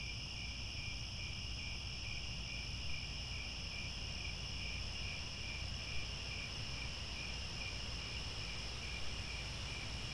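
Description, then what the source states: Crickets chirping in a steady high chorus, pulsed trills overlapping with continuous higher buzzing, over low rumbling background noise. Chorus of crickets at twilight as the sun descends, with stars overhead.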